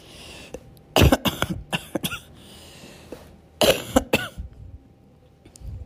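Two clusters of short, strained, clipped coughs with throat clearing from an adult woman the day after plastic surgery (muscle repair and liposuction) under general anesthesia with intubation: a painful, phlegmy cough as she tries to clear phlegm from her throat, the coughing causing severe abdominal pain.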